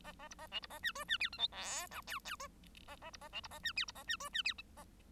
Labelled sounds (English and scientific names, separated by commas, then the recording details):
Bengalese Finch (Lonchura striata domestica) song
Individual Bird1